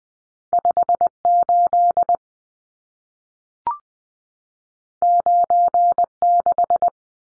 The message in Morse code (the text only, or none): 58 96